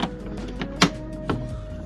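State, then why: Released. Someone rotates the plastic retaining tab behind the headlight unit in the front body of a Ford Puma Mk1 anticlockwise, and it snaps free at 0.8 s with a sharp, bright crack over background music. A few softer knocks come before and after it, including one at 1.3 s. The tab is released, freeing the headlight housing so it can be wiggled out.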